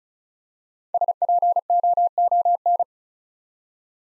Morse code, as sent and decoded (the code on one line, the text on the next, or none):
... .--. --- --- -.
SPOON